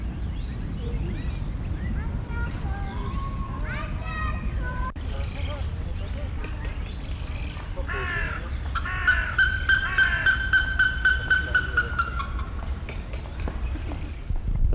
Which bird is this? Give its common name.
Plumbeous Ibis